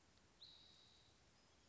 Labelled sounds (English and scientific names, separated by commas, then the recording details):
Spotted Towhee (Pipilo maculatus)
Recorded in Sonoma County, California